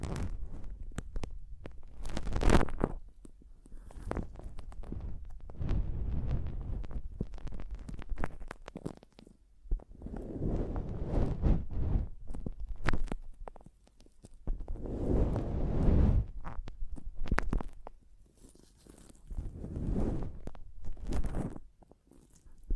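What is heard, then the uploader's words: Mic tapping and scratching: irregular thumps and rubbing bursts, low and muffled, with brief sharp clicks and short quiet gaps throughout. ASMR Mic Tapping and Scratching (No Talking).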